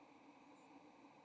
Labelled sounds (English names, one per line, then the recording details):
White-throated Sparrow flight call
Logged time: 07:54 on 30 October 2014